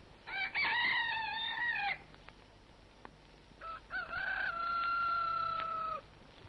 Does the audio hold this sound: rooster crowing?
yes